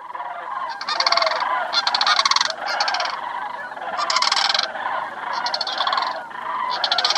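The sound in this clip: Sandhill crane calls: loud, rolling, rattled bugles in repeated overlapping bursts.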